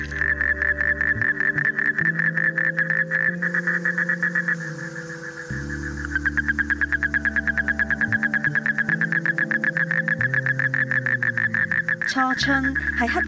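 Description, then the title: Asian common toad giving a long trill of rapid pulses, with low droning tones underneath. "有個黑眶的蟾蜍"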